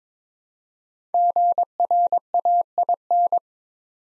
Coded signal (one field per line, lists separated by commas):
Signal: Morse code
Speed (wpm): 22 wpm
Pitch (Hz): 700 Hz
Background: none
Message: GRAIN